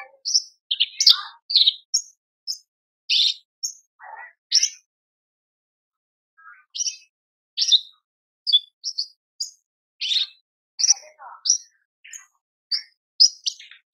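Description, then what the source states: Horsfield's bush lark producing high scratchy chirps and short rattles, a quiet stretch in the middle, then a busier run of notes. Masteran for training cage birds; a very active, vigorous singer.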